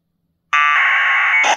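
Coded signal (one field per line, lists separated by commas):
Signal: packet radio (AX.25, as in APRS)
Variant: 1200 baud AFSK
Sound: short harsh buzzing data burst about one second long, then a click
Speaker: when I press that button we're getting a trans transmission of a of um aprs how cool is that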